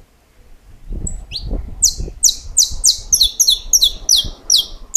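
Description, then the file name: Saffron finch song, a fast run of sharp, high, down-slurred chips that double into paired notes, with soft low thumps early on. "Canto-do-Canário-da-Terra"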